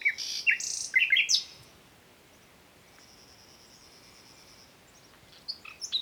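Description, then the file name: Common nightingale song: a rich burst of varied chirps and slurred whistles, then a long quiet pause with a faint steady high buzz, ending with a few sharp notes. "Luscinia megarhynchos"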